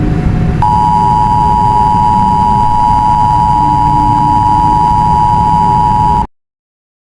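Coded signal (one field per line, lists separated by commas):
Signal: Emergency Alert System (SAME) tones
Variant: 853 and 960 Hz attention tone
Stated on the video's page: Fictional EAS scenario, not a real alert.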